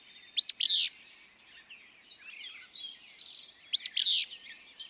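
Willow flycatcher song: two crisp, explosive buzzy phrases a few seconds apart, with other birds chirping.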